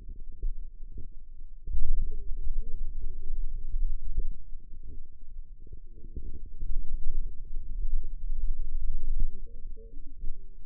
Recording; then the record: forearm muscle sounds (acoustic myography)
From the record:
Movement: finger pinch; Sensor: system 2, bracelet of six BSWA MPA416 microphones around the upper forearm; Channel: 6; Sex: female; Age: 21 years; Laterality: right